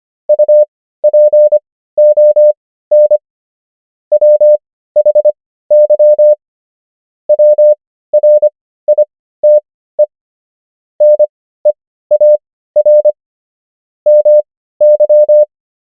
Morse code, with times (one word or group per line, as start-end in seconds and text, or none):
0.3-3.2 UPON
4.1-6.3 WHY
7.3-10.0 WRITE
11.0-13.1 NEAR
14.1-15.4 MY